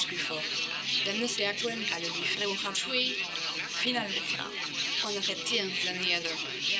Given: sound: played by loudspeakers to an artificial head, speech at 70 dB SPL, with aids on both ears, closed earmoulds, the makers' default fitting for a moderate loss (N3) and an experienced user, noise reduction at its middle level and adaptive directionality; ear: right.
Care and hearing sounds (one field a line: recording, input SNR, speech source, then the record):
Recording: speech test signal (ISTS) in cocktail-party noise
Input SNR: +3 dB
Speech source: in front (0 degrees)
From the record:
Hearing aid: class 1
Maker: A